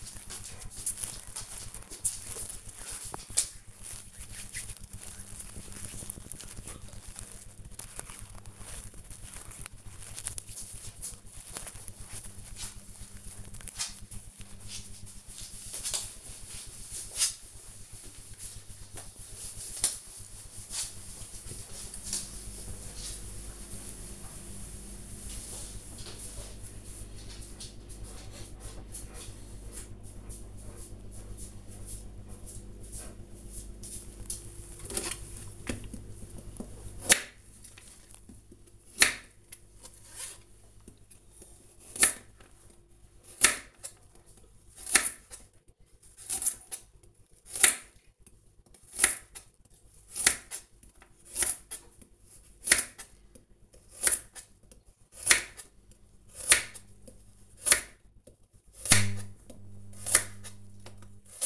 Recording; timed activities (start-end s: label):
household activities, microphone on the right wrist
0.00-13.86 s: cream hands
34.00-61.46 s: cutting vegetables